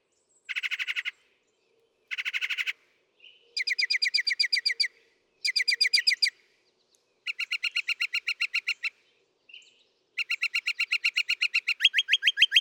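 Northern mockingbird song: each phrase is a rapid train of ringing notes repeated several times, then a new phrase starts, with short pauses between the sets.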